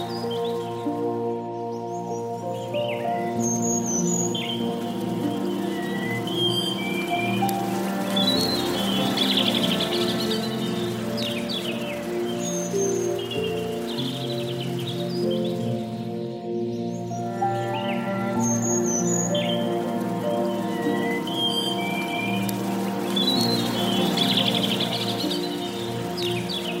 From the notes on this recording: Soothing piano & soft water sounds